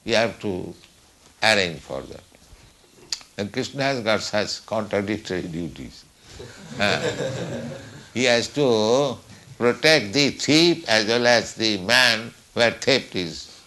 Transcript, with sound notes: You have to arrange for that." And Kṛṣṇa has got such contradictory duties. [laughter] He has to protect the thief, as well as the man where theft is